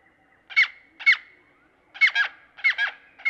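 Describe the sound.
Great-tailed grackle calling with harsh, buzzy double notes over a thin sustained whistle, repeated roughly every half second to second.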